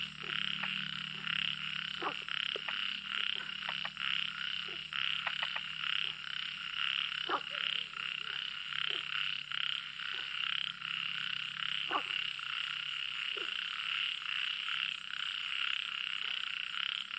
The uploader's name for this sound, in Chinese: 阿南達瑪迦靈性生態村傍晚雷陣雨後的熱鬧夏夜